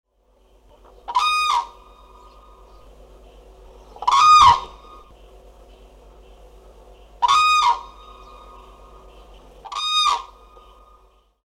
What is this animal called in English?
Common Crane